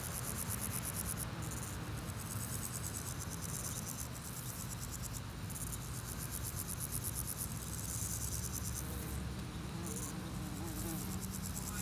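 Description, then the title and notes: Grasshoppers stridulate in repeated high pulsed bursts separated by brief gaps, with persistent low traffic noise throughout. Grasshoppers on a sunny day at Chaussée de Tervueren, Pins Noirs, Auderghem, Brussels, Belgium, with car traffic; recorded with DPA 4060 AB pair into Zoom F3. "Chaussée de Tervueren, Pins Noirs, Auderghem, Bruxelles-Capitale, 1160, Belgique - Sauterelles - Grasshoppers. Sunny day, grasshoppers, bikes, cars, tram 44. Journée ensoleillée, sauterelles, vélos, voitures, tram 44"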